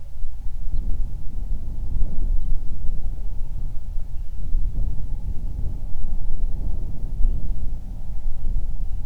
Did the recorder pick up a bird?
yes